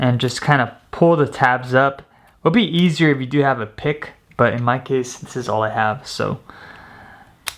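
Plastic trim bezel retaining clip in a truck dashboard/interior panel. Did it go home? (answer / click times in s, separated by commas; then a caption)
released / 7.5 s. On a Toyota Tacoma, a flathead screwdriver is slid under the edge of a plastic chrome interior trim bezel on the dashboard/interior panel to pry up its retaining tabs for an interior chrome delete. Someone talks throughout, then a short, sharp click comes at 7.5 s as the bezel's retaining clip pops free and releases.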